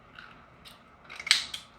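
A steering wheel hub is pushed onto a metal Sparco quick-release adapter on the steering column of an Evo X after play was noticed, because it had not been all the way in. Faint clicks and scrapes lead up to a sharp, loud click at 1.3 s, followed by a softer tap at 1.5 s. The quick release is now locked fully home.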